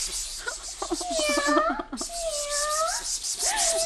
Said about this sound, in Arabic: نعم، ولكن القطة تبدو جائعة، تقول نياو، إنها تتشمم الطعام مثلي وتحوم حوله، ثم إن بطنها تدل على أنها لم تأكل منذ شهرين.